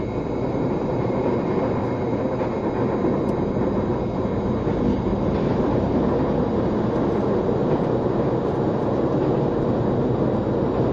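Running noise of a moving vehicle: a steady, dense, low rumble that holds at the same level for the whole eleven seconds. A faint hiss rides above it, and a small tick stands out near the three-second mark.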